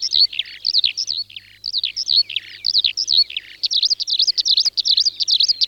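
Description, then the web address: Eurasian skylark singing a fast, bubbling run of high warbled notes and rippling repeated phrases with only brief pauses. "Alauda arvensis. ns svatomartinska alej"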